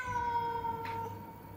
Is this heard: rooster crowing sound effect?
no